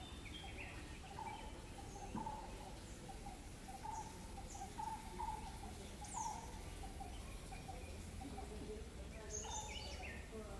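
White-cheeked barbet giving a run of low, even notes, while other birds chirp and whistle higher up over a steady low hum.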